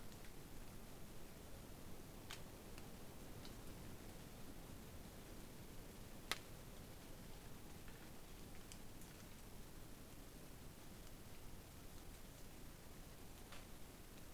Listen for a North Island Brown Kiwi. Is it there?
no